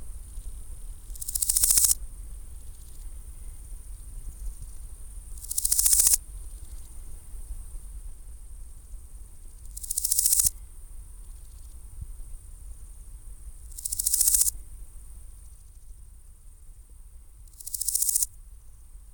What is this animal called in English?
Large Gold Grasshopper